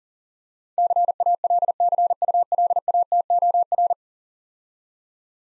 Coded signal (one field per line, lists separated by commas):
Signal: Morse code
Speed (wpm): 42 wpm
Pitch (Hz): 700 Hz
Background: none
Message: CALCULATOR